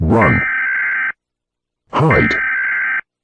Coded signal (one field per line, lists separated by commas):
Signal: Emergency Alert System (SAME) tones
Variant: header bursts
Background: speech